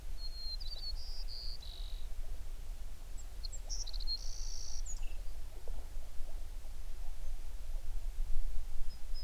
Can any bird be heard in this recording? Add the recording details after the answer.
yes. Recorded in the Prudhoe Bay oil fields, Alaska, on 11 June 2019 at 04:50. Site 21